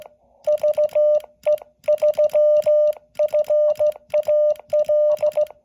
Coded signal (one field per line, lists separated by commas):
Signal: Morse code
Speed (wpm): 15 wpm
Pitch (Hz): 600 Hz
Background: none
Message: VE3FAL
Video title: Working KT5V David in TX SKCC WES #20601T Jan 7 2023